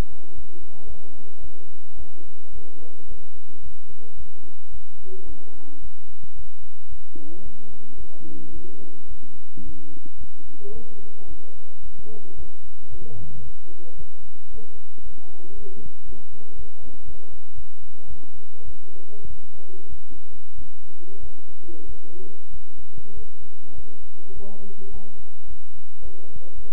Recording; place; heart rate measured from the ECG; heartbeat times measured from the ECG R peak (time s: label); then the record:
heart sounds by stethoscope; between the tricuspid and mitral areas; 108 bpm
0.35 s: heartbeat
0.87 s: heartbeat
1.41 s: heartbeat
1.97 s: heartbeat
2.52 s: heartbeat
3.08 s: heartbeat
3.62 s: heartbeat
4.17 s: heartbeat
4.71 s: heartbeat
5.26 s: heartbeat
5.81 s: heartbeat
6.36 s: heartbeat
6.89 s: heartbeat
7.43 s: heartbeat
7.97 s: heartbeat
8.53 s: heartbeat
9.08 s: heartbeat
9.63 s: heartbeat
10.18 s: heartbeat
10.73 s: heartbeat
11.28 s: heartbeat
11.83 s: heartbeat
12.36 s: heartbeat
12.90 s: heartbeat
13.43 s: heartbeat
13.97 s: heartbeat
14.51 s: heartbeat
15.03 s: heartbeat
15.55 s: heartbeat
16.06 s: heartbeat
16.56 s: heartbeat
17.05 s: heartbeat
17.55 s: heartbeat
18.08 s: heartbeat
18.65 s: heartbeat
19.27 s: heartbeat
19.89 s: heartbeat
20.55 s: heartbeat
21.20 s: heartbeat
21.86 s: heartbeat
22.51 s: heartbeat
23.14 s: heartbeat
23.75 s: heartbeat
24.34 s: heartbeat
24.91 s: heartbeat
25.47 s: heartbeat
26.02 s: heartbeat
26.55 s: heartbeat
From the record:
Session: bicycle stress test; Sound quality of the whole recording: good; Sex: male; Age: 23 years